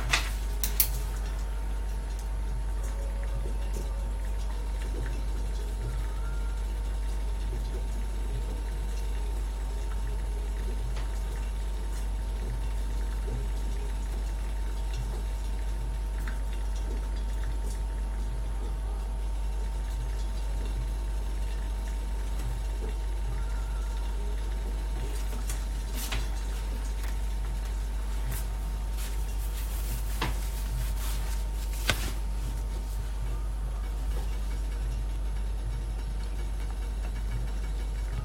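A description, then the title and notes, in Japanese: Mocha blend coffee roasting: a steady low machine rumble with a constant hum, scattered sharp crackles clustering around twenty-five to thirty-two seconds. 今朝は”モカブレンド”を焙煎。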